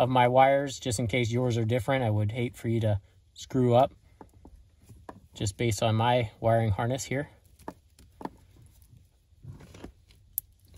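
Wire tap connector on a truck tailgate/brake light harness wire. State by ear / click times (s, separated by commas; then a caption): seated / 10.4 s. Someone talks, then a plastic wire tap connector is squeezed shut onto a tailgate/brake light harness wire on a Chevy Trail Boss truck, with small handling ticks and taps before it. A loud, sharp click at 10.4 s marks the connector snapping closed, tapped into the wire.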